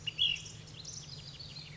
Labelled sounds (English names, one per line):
Ash-throated Flycatcher